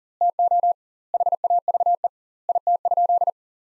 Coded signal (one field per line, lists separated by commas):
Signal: Morse code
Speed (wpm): 37 wpm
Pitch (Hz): 700 Hz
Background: none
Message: TO HAVE IT?